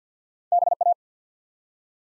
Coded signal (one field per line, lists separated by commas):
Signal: Morse code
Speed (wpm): 50 wpm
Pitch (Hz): 700 Hz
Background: none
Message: BA